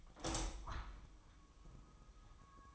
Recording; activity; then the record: daily activity, microphone in the room; open window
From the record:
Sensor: 1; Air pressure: 1004.6 hPa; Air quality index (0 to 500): 110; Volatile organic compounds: 3 ppm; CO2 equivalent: 1523 ppm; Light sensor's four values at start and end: 8/20/8/9 and 8/21/8/9